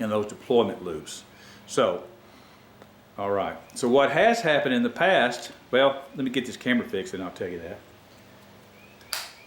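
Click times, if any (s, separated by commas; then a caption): 9.1 s. Someone talks for most of the clip before an air bag wiring connector is pushed onto its mating plug. It snaps home with one sharp click at 9.1 s, and the connector is confirmed seated with a good click.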